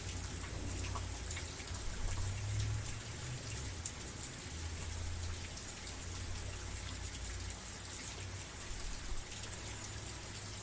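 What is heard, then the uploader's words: Steady, dense rain patters on a surface, with a low rumble swelling around two to three seconds and again near five seconds. 1 hr sleepy rain.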